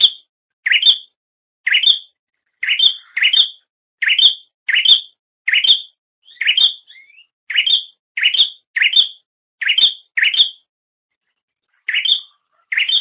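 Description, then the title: Bird chirping: many sharp rising chirps in quick succession, with brief pauses between some of them. "kikicau"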